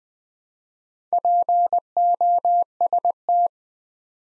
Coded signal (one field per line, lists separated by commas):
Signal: Morse code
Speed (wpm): 20 wpm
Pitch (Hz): 700 Hz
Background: none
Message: POST